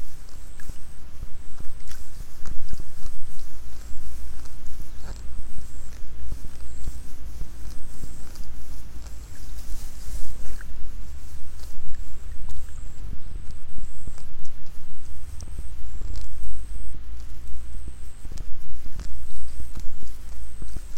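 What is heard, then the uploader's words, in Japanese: Rice seedlings are being pulled in the afternoon as insects begin to call. A high, thin chirping repeats in short bursts roughly every second throughout, over a steady low rumble. Frequent rustles, soft taps and splashy handling sounds come and go. イネ苗とり 午後 そろそろ虫の声。33℃\\18℃。晴れ。今季最後の苗とり。鳥の声の間には、虫の音が始まった。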